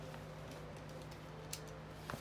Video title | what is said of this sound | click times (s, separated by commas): Normatec | the triangle arrow to the triangle arrow and you'll hear a click and you do it with both sides click | 1.5 s, 2.1 s